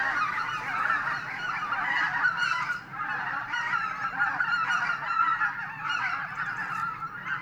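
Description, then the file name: Greater white-fronted goose flock: a thick, unbroken babble of overlapping honks and yelps, loud and steady throughout, with one brief dip. "tundrahanhi"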